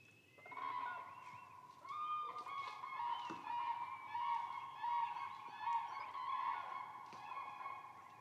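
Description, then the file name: Common cranes calling repeatedly in rolling, honking trumpets that overlap. Flight call. "ccrane grus. whbruch"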